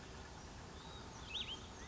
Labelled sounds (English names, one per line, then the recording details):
Cassin's Vireo
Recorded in Sonoma County, California